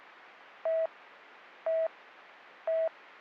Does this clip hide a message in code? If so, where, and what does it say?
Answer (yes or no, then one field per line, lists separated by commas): no